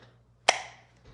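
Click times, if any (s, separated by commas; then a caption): 0.5 s. A Mora Companion fixed-blade knife is pushed from halfway into its plastic sheath until the small button retention mechanism inside catches. A single sharp click sounds at 0.5 s and rings briefly before fading into a faint low hum. The knife is seated and held securely in the sheath.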